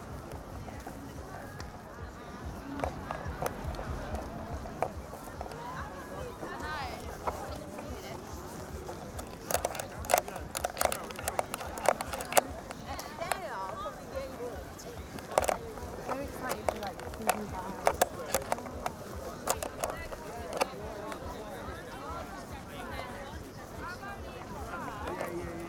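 A night walk through Glastonbury festival: steady crowd chatter and voices throughout, with frequent sharp clicks and knocks, denser after about nine seconds.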